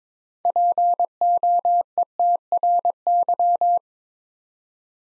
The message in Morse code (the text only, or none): POETRY